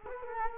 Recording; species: mosquito wingbeat signal from an infrared sensor; Culex quinquefasciatus